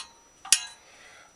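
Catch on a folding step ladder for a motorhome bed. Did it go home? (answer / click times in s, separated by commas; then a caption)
yes / 0.5 s. A small catch on the heavy metal folding step ladder for the over-cab bed of an Autosleeper Pollensa motorhome is snapped shut. A softer knock at about 0.5 s leads straight into a sharp, bright metallic click at 0.5 s, followed by a brief ringing tail. The catch clicks shut and the ladder is secured closed.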